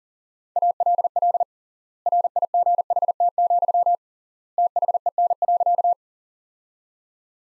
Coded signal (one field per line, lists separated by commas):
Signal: Morse code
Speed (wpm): 40 wpm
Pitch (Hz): 700 Hz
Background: none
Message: ALL RIGHT, THEN.